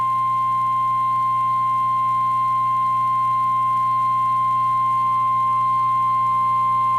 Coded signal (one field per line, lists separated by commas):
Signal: Emergency Alert System (SAME) tones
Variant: 1050 Hz attention tone